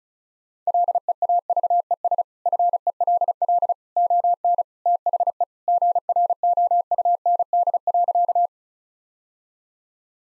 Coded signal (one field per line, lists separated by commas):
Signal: Morse code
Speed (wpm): 36 wpm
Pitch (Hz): 700 Hz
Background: none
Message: LEAVES FELL ON THE GROUND.